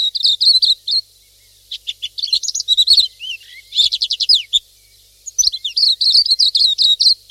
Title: Pleci silvereye